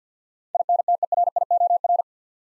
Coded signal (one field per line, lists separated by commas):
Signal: Morse code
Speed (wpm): 49 wpm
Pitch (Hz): 700 Hz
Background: none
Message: INTERIOR